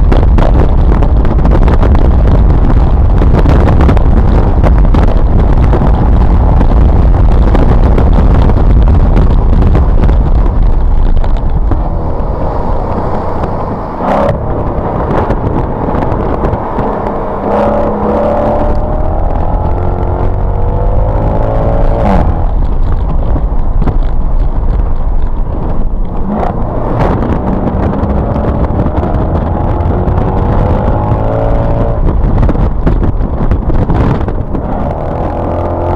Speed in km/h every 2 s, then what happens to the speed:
142, 145, 145, 169, 164, 119, 72, 61, 56, 72, 97, 103, 92, 55, 68, 81, 64, 68.
0-6 speeds up to 169. 6-15 brakes to 56. 15-21 speeds up to 103. 21-26 brakes to 55. 26-30 speeds up to 81. 30-34 slows to 68.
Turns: 12-20, 24-28, 32-36.